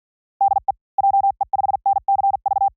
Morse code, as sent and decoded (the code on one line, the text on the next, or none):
-.. . / .--- . ..... -. -.-. ...-
DE JE5NCV